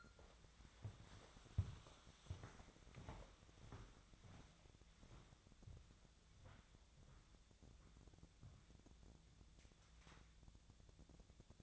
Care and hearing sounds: daily activity, microphone in the room; walk to room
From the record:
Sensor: 3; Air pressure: 1000.0 hPa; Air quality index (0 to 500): 121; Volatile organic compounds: 2 ppm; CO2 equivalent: 1088 ppm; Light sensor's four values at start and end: 32/78/34/37 and 34/84/37/40

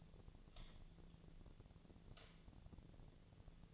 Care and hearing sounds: daily activity, microphone in the room; light on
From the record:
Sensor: 4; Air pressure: 1010.7 hPa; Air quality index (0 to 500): 170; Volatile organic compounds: 5 ppm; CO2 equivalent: 1731 ppm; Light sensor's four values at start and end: 38/109/43/44 and 38/110/44/44

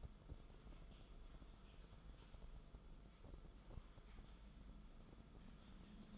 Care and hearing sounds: daily activity, microphone in the room; typing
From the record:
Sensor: 5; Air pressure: 994.5 hPa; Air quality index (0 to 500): 171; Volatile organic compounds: 622 ppm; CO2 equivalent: 4963 ppm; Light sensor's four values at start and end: 9/23/9/10 and 9/23/9/10

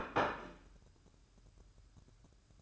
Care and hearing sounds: daily activity, microphone in the room; place plate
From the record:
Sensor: 2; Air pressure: 1007.4 hPa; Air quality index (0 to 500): 44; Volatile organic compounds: 1 ppm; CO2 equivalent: 551 ppm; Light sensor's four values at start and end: 7/18/7/8 and 7/18/7/8

